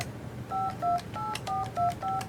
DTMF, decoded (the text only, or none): 528425